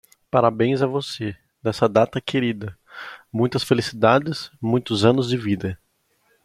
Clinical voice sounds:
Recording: short text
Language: Brazilian Portuguese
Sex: male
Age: 20 to 29 years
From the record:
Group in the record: control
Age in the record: 22 years

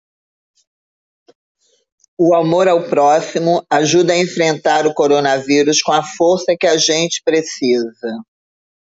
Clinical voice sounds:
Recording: spoken sentence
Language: Brazilian Portuguese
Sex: female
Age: 60 to 69 years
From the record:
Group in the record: control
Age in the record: 61 years

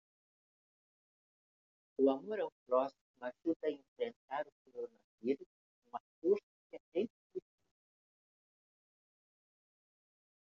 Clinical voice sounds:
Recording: spoken sentence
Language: Brazilian Portuguese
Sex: female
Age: 80 to 89 years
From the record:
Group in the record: control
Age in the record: 80 years

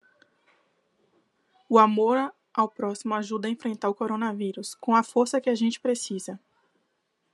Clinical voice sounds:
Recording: spoken sentence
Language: Brazilian Portuguese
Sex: female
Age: 20 to 29 years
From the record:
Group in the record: control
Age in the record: 28 years

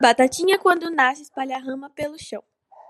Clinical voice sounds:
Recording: short text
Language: Brazilian Portuguese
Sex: female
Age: 18 to 19 years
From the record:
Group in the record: control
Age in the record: 18 years

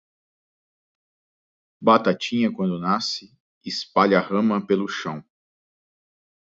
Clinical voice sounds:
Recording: short text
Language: Brazilian Portuguese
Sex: male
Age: 30 to 39 years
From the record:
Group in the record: control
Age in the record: 30 years

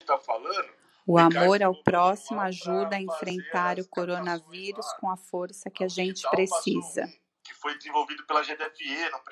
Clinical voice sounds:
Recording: spoken sentence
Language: Brazilian Portuguese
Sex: female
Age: 40 to 49 years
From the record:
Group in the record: control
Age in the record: 46 years

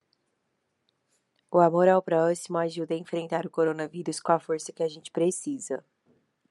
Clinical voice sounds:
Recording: spoken sentence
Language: Brazilian Portuguese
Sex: female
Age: 40 to 49 years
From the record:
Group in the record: control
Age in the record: 41 years

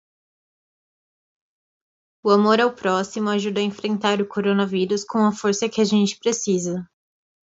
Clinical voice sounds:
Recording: spoken sentence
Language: Brazilian Portuguese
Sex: female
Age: 20 to 29 years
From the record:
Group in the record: control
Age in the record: 25 years

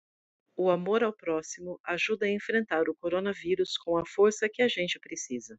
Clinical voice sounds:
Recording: spoken sentence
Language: Brazilian Portuguese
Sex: female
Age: 30 to 39 years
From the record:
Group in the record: control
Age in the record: 38 years

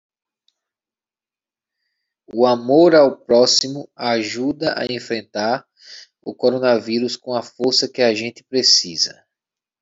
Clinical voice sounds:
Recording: spoken sentence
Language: Brazilian Portuguese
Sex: male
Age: 30 to 39 years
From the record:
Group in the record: control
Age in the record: 37 years

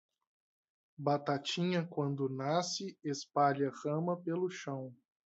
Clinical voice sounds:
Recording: short text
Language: Brazilian Portuguese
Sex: male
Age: 30 to 39 years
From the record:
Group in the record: control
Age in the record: 30 years

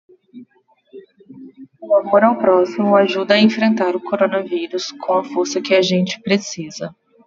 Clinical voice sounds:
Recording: spoken sentence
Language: Brazilian Portuguese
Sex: female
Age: 20 to 29 years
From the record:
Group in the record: control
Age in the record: 27 years

